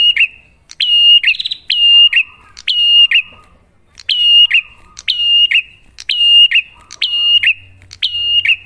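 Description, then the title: Bar-winged prinia singing an even run of shrill whistled notes, each clicking in and dipping at the end, roughly once a second, with a faint low hum late on. Prenjak lure of a duet between the Cililin and Kapas Tembak song styles; bird singing actively (gacor) with a clear voice. "Masteran Duet Cililin Vs Kapas Tembak. Pancingan Prenjak Gacor Suara Jernih"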